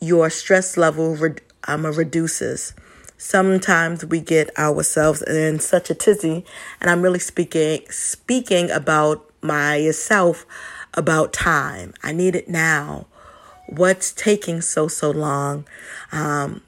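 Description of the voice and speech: An adult woman who stutters talks with repeated words, a broken-off word and fillers, stumbling on words, signs of mild stuttering.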